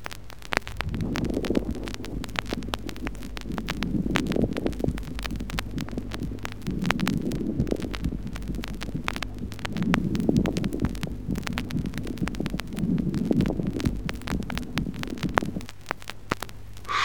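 Five soft breath cycles about every three seconds, roughly 20 a minute, with fine, sharp crackling clicks clustered in each breath: crepitation in an adult chest, heard at the height of inspiration. A brief squeak follows at the end.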